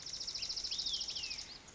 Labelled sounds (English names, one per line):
Olive-sided Flycatcher